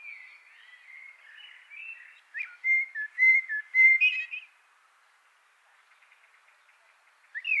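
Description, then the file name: Eurasian blackbird song: soft low warbling, then a loud phrase of fluty whistled notes ending in a brief high twitter, a quiet pause, and another note starting at the end. "Turdus merula"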